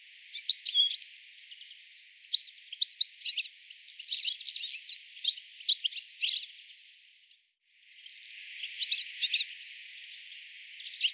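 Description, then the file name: European goldfinch giving quick liquid twitters and high chirps in clustered runs, a brief silence around seven seconds, then further tinkling notes. "Carduelis carduelis"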